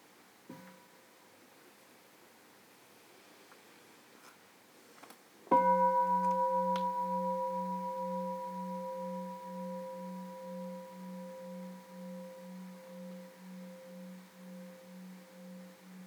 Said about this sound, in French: On va demander un petit son de cloche, si tu veux bien, ma sœur.